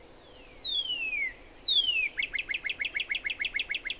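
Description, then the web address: Northern cardinal song: two long, loud whistles sliding steeply downward, followed by a fast, even string of short slurred chips. "birdsongforthecurious Northern Cardinal"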